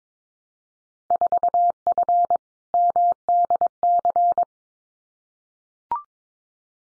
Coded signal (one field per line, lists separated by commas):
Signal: Morse code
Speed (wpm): 22 wpm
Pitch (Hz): 700 Hz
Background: none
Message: 4F MDC